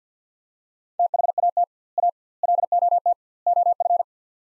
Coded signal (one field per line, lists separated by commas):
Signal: Morse code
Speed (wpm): 50 wpm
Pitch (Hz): 700 Hz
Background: none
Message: THAT A LOT OF